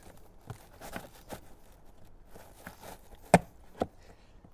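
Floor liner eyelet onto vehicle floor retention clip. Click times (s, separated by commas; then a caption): 3.3 s. A second-row 3D Kagu all-weather floor liner in a Fisker Ocean is centered and pushed down so its left eyelet snaps over the vehicle's floor retention clip. Soft scuffs and light knocks lead up to a sharp, loud snap at 3.3 s, followed by a smaller click at about 3.8 s. The liner eyelet is seated on the clip.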